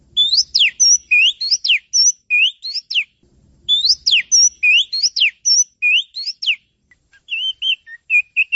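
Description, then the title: Oriental magpie-robin song: two bursts of rapid sweeping whistles with steep up and down slurs, followed by softer, scattered short notes. Champion bird's song. "Kicau Burung Kacer Juara"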